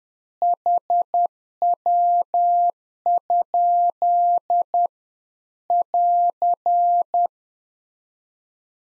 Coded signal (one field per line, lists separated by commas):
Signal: Morse code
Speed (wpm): 10 wpm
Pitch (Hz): 700 Hz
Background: none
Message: HW? <AR>